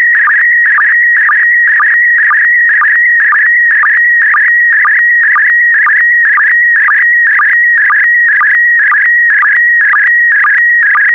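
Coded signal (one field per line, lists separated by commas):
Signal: SSTV (slow-scan television)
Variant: PD120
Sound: continuous warbling tone near 1.9 kHz, with a short low blip twice a second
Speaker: get ready starting transmission in 5 4 3 2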